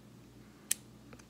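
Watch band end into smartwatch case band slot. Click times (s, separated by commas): 0.7 s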